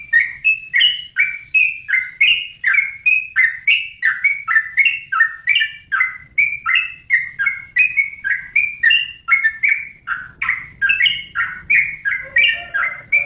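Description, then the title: Oriental magpie-robin song, a steady rapid chatter of slurred notes; lower notes appear near the end. "Kicau Kacer"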